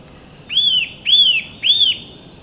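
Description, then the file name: Eurasian nuthatch calling three times, each note a ringing whistle that bends up and down. "Sitta europaea"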